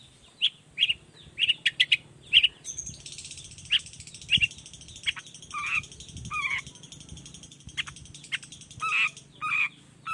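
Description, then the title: Long-tailed shrike song of scattered chirps and scratchy notes over a high hiss for most and a low background rumble, with some downslurred notes near the end. Singing in the morning with varied toet toet notes; used as a lure to make other shrikes of any kind reply quickly. "Cendet Gacor Dor Di Kala Pagi Toet Toet Variasi Suara. Cendet Gacor Efektif Pancingan Buat Cendet Jenis Apapun Agar Cepat Nyaut Buka Paruh"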